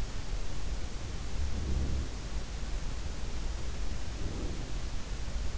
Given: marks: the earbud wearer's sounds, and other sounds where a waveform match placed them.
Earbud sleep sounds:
sounds in sleep by an in-ear microphone; breath
1.24-2.35 s: sound from someone else or the room
1.42-2.16 s: breath
3.98-5.09 s: breath

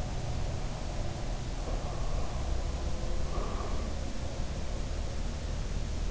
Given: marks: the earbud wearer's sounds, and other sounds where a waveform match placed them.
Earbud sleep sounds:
sounds in sleep by an in-ear microphone; breath
0.67-4.01 s: breath

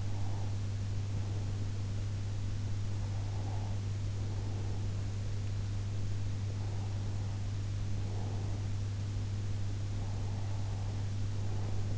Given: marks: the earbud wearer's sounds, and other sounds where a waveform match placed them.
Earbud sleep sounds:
sounds in sleep by an in-ear microphone; breath
0.00-1.60 s: breath
2.98-4.90 s: breath
6.56-8.68 s: breath
10.00-11.98 s: breath

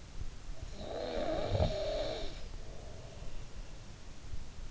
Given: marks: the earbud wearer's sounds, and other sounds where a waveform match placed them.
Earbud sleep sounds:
sounds in sleep by an in-ear microphone; snoring breath
0.49-3.41 s: snoring breath

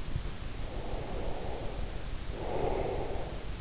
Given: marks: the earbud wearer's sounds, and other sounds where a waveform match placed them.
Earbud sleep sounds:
sounds in sleep by an in-ear microphone; breath
0.36-3.61 s: breath

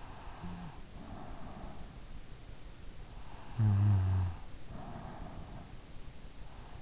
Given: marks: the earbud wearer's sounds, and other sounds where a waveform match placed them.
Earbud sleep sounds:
sounds in sleep by an in-ear microphone; snoring breath
0.00-2.22 s: snoring breath
3.41-5.81 s: snoring breath

